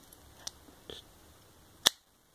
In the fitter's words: nice solid click